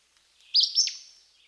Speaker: Listen to the sharp, abrupt vocalization of the Acadian flycatcher.